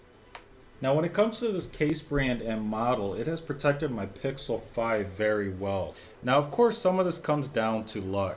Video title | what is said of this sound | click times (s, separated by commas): Google Pixel 5a 5g: Spigen Tough Armor Unbox, Install & Review | now although the kickstand is essentially a flat it does click into place | 0.3 s